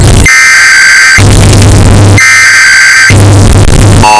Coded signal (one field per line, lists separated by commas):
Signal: Emergency Alert System (SAME) tones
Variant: header bursts